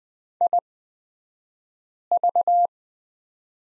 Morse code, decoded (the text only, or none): IV